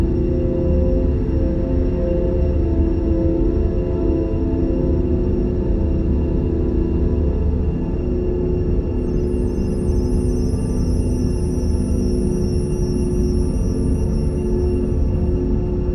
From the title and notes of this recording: Deep Space Sleep Drone | Sleep Music & Spaceship Ambience.